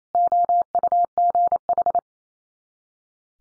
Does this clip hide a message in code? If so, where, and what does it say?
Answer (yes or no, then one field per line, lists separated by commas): yes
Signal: Morse code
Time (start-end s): 0.1-2.0 s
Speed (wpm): 28 wpm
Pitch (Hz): 700 Hz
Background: none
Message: OUGH